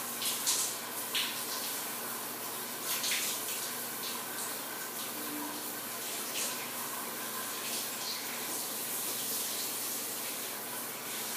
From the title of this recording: Shower Water Pouring onto Hard Tile